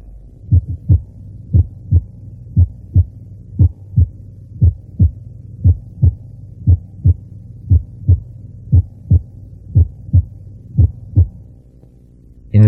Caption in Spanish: En condiciones normales, ambos componentes se escuchan simultáneamente. Los ruidos cardíacos normales en el área de la punta.